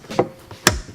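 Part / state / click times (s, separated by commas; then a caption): plastic trim panel clips in car interior panel holes / released / 0.2 s, 0.7 s. A plastic interior trim piece in a 2017–2018 Camaro ZL1 is pulled up toward the installer, and its two plastic clips pop out of their holes in the panel. Two sharp clicks are heard at 0.2 s and 0.7 s, the second much louder, with a softer thud between them. The trim piece comes right out.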